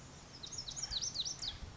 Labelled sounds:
Lazuli Bunting (Passerina amoena)
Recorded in Sonoma County, California

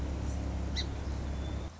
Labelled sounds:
Song Sparrow (Melospiza melodia)
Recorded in Sonoma County, California

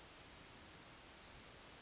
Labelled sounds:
Western Flycatcher (Empidonax difficilis)
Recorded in Sonoma County, California

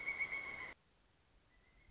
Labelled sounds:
Pileated Woodpecker (Dryocopus pileatus)
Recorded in Sonoma County, California

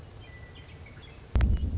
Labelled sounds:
Western Meadowlark (Sturnella neglecta)
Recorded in Sonoma County, California

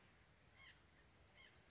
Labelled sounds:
White-breasted Nuthatch (Sitta carolinensis)
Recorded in Sonoma County, California

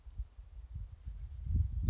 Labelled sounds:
Chestnut-backed Chickadee (Poecile rufescens)
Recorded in Sonoma County, California

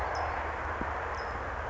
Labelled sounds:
California Towhee (Melozone crissalis)
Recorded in Sonoma County, California

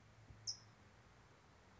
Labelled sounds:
California Towhee (Melozone crissalis)
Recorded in Sonoma County, California

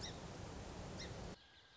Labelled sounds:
Song Sparrow (Melospiza melodia)
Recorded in Sonoma County, California

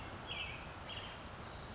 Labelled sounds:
American Robin (Turdus migratorius)
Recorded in Sonoma County, California

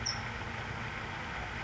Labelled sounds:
California Towhee (Melozone crissalis)
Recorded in Sonoma County, California

